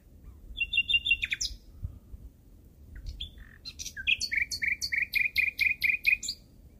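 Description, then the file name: Common nightingale song with a short trilled phrase, a pause, then a loud rapid string of repeated sharp notes. "Nachtegaal"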